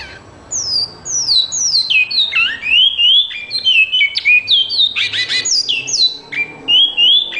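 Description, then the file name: Great-billed seed finch song: a long, rich run of clear whistled notes, many sliding down then rising, phrases flowing almost without pause, with a few sharper buzzy accents. "canto do bicudo"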